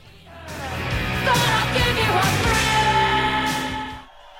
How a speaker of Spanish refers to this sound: Y de todos modos pasa un poco a la mitad del tema porque tiene una intro muy larga de público gritando.